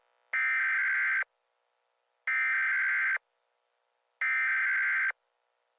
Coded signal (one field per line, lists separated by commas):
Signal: Emergency Alert System (SAME) tones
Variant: header bursts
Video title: EAS Short Scenario 64 | Firefly Power